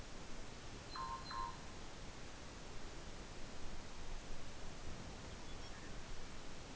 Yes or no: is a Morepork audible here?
no